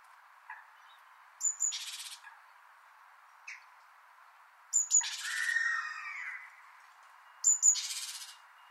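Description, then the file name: Great tit churring call, a short high whistle then a rasping buzz, repeated three times, with a few fainter softer notes and a lower scratchy sound between. "Parus major"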